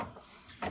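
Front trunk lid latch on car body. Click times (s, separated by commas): 0.6 s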